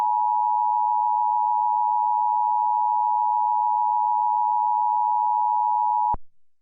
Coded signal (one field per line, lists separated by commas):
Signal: Emergency Alert System (SAME) tones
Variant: 853 and 960 Hz attention tone